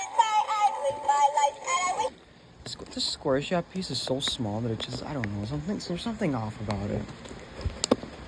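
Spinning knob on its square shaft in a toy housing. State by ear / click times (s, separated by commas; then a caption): released / 7.8 s. A spinning knob assembly on a small square shaft is held and taken off a toy housing while the toy is being taken apart. A short burst of tinny, tonal music plays at the start, then someone talks. A single small click at 7.8 s marks the knob coming off its shaft.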